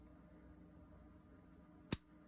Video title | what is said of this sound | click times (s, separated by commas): Leatherman Bond Review | snaps back maybe not that extreme but even up to like this point | 1.9 s